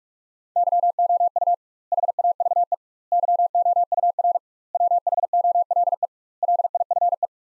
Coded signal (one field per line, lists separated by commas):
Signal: Morse code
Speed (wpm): 46 wpm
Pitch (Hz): 700 Hz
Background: none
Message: YOU HAVE YOUR WHOLE LIFE